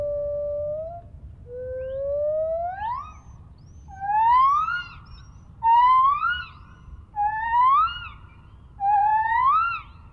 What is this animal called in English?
Lar Gibbon